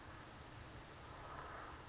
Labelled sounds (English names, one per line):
California Towhee